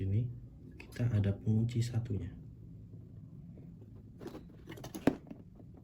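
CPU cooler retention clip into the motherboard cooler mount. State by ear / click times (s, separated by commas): not seated / none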